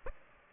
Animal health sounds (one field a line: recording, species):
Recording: mosquito wingbeat signal from an infrared sensor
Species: Aedes aegypti